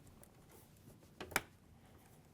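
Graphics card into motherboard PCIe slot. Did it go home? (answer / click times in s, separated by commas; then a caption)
yes / 1.4 s. A GTX 1070 graphics card is firmly pushed into a motherboard PCIe slot during a Z270 gaming PC build. A softer knock at 1.2 seconds leads into a sharp click at 1.4 seconds as the slot latch snaps into place, and the card is seated.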